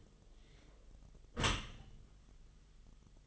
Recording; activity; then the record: daily activity, microphone in the room; close dishwasher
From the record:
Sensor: 4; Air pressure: 1005.6 hPa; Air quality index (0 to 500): 115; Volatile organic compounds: 3 ppm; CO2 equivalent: 1431 ppm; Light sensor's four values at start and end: 11/26/10/10 and 11/26/10/10